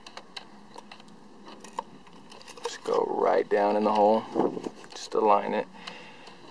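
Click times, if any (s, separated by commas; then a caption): none. A new ignition coil is lowered into the spark plug well of a 2006 VW Passat 2.0T engine with over 140k miles and lined up in the hole, with light handling clicks and scrapes while someone talks. It has not been pushed down or clicked into place yet.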